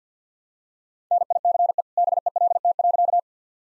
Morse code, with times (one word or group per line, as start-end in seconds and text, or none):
1.1-1.8 NICE
2.0-3.2 BELT.